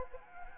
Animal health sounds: mosquito wingbeat signal from an infrared sensor; Anopheles gambiae

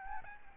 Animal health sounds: mosquito wingbeat signal from an infrared sensor; Aedes albopictus

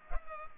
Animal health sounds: mosquito wingbeat signal from an infrared sensor; Culex pipiens

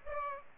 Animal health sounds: mosquito wingbeat signal from an infrared sensor; Aedes aegypti

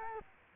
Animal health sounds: mosquito wingbeat signal from an infrared sensor; Culex quinquefasciatus

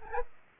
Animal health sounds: mosquito wingbeat signal from an infrared sensor; Anopheles gambiae

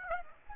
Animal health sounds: mosquito wingbeat signal from an infrared sensor; Aedes aegypti

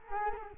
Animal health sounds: mosquito wingbeat signal from an infrared sensor; Culex quinquefasciatus

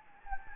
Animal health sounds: mosquito wingbeat signal from an infrared sensor; Anopheles gambiae

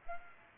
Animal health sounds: mosquito wingbeat signal from an infrared sensor; Aedes aegypti

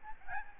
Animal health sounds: mosquito wingbeat signal from an infrared sensor; Aedes albopictus

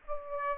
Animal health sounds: mosquito wingbeat signal from an infrared sensor; Aedes aegypti

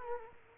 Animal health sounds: mosquito wingbeat signal from an infrared sensor; Culex quinquefasciatus

